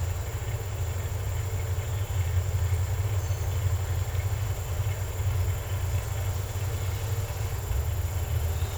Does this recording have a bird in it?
no